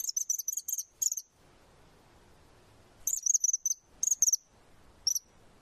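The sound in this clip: Bird song of rapid high twittered notes in dense bursts, a long quiet gap in the middle, then more bursts and one closing chip.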